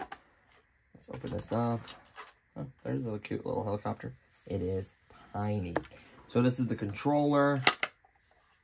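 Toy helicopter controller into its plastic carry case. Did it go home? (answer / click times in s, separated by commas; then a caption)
no / none. A small RC toy helicopter controller is handled over its molded plastic carry case slot while someone talks throughout, with a brief sharp tap near the start. The controller has not locked into the case yet; nothing has seated or clicked by the end of the clip.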